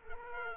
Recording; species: mosquito wingbeat signal from an infrared sensor; Culex quinquefasciatus